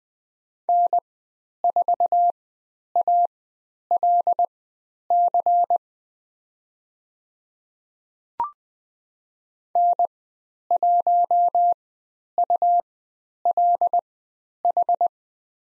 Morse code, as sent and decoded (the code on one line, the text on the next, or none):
-. ....- .- .-.. -.-. / -. .---- ..- .-.. ....
N4ALC N1ULH